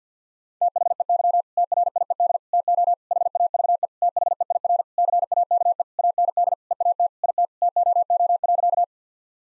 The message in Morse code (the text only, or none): THEY TRIED TO HAVE THEIR CAKE AND EAT IT TOO.